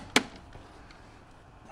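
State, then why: Seated. A plastic battery pack is pushed into the battery slot of an AS62 electric grass mower after an earlier try failed to go in properly. A single loud, sharp snap lands at 0.2 s, followed by quiet low background noise. The battery pack seats in the slot.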